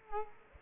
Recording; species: mosquito wingbeat signal from an infrared sensor; Culex quinquefasciatus